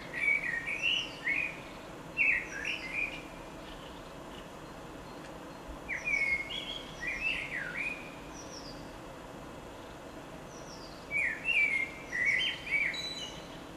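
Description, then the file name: Common blackbird delivering fluted, melodious phrases in several bursts separated by pauses, each with high, thin squeaky notes; steady low hiss underneath. "Koltrast"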